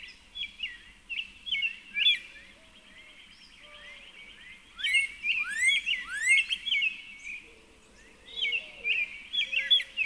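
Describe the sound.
Northern cardinal song: clear slurred whistled phrases repeated in quick series, with a few faint lower notes in the background.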